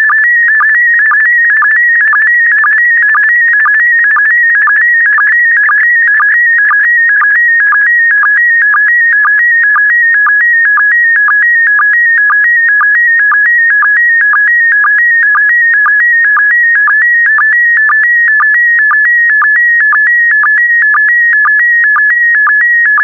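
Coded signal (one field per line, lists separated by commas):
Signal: SSTV (slow-scan television)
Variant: PD120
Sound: continuous warbling tone between mid pitches, with a short low blip about twice a second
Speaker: complete. You can now check your decoded image against the picture that is shown on the video.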